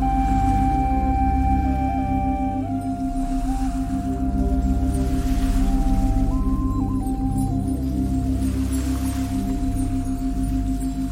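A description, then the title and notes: Ambient music built on a steady, deep drone with a slow pulsing wobble in the low middle. A clear sustained tone rings above it, stepping up and down in pitch every second or two, while soft hissing swells rise and fall faintly in the background. Beautiful Ambient Music With Ocean Waves.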